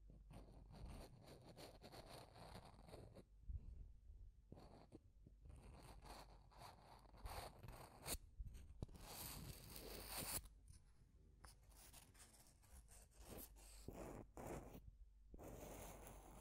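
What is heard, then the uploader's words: Deep scratching in rough, irregular bursts, with a constant low rumble underneath. The strokes come in dense clusters separated by brief pauses near 3.5, 8.5 and 15 seconds. Some bursts turn brighter and harsher, especially around 9 to 10 seconds. Deep Scratching. (No Talking).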